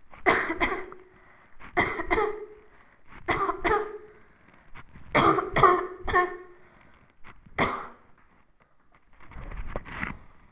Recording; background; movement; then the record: voluntary coughing; quiet; sitting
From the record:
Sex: female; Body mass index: 18.3 kg/m2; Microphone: on the chest, facing the body